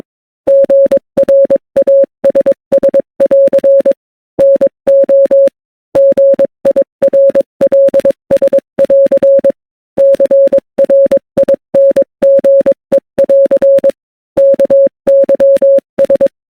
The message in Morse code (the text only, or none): GRASS<AR> NO GIRLS<AR> CRINGE<AR> KYS